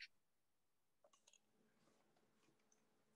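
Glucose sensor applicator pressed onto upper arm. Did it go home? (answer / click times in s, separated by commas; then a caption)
no / none. A glucose sensor applicator is held against the upper arm and pushed down to deploy the sensor, giving only soft, faint taps, with one brief hit near 1.3 s. No clear click is heard, and the sensor has not clicked into place yet, though a small needle is then visible underneath.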